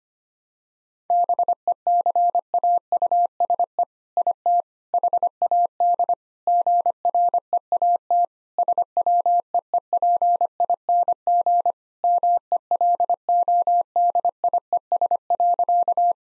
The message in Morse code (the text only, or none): BECAUSE IT HAD GREAT SWEEPING MELODIES.